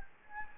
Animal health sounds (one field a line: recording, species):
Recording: mosquito wingbeat signal from an infrared sensor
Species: Anopheles gambiae